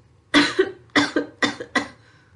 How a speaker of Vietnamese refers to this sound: La Đông Dương đột nhiên kéo cao giọng, nối theo đó là một trận ho khan dữ dội.